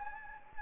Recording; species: mosquito wingbeat signal from an infrared sensor; Anopheles gambiae